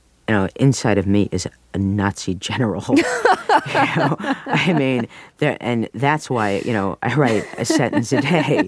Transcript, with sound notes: you know, inside of me is a Nazi general. (laughs) You know, I mean, there -- and that's why, you know, I write a sentence a day.